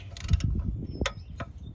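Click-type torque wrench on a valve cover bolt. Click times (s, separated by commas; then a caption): 1.1 s. A click-type torque wrench tightens a valve cover bolt on a 1996-2001 Ford Ranger 2.5 during a valve cover gasket job, with quick ratcheting ticks around 0.2 to 0.4 s. The wrench gives a sharp click at its set value at 1.1 s, confirming the bolt has reached torque, followed by one fainter tick at 1.4 s.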